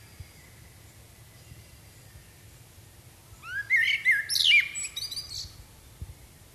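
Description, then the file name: Common blackbird gives a single rich, fluting phrase that rises into a high, scratchy twitter. "Turdus merula"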